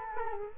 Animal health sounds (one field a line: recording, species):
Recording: mosquito wingbeat signal from an infrared sensor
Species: Culex quinquefasciatus